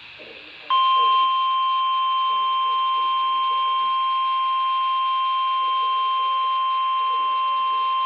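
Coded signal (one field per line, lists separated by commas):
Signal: Emergency Alert System (SAME) tones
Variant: 1050 Hz attention tone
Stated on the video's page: Several Required Weekly Tests plus a Required Monthly Test.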